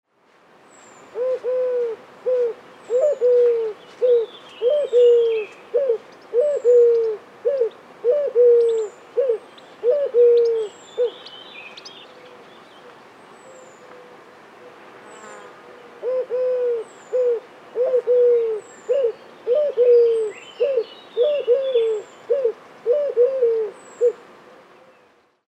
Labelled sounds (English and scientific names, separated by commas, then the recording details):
Eurasian Collared Dove (Streptopelia decaocto)
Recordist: Frommolt, Karl-Heinz
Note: Rufe